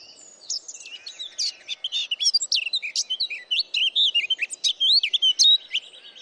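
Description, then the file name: Eurasian blackcap song: a rapid, scratchy, chattering warble of many varied high notes running continuously for several seconds. "Sylvia atricapilla"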